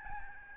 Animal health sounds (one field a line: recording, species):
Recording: mosquito wingbeat signal from an infrared sensor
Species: Aedes albopictus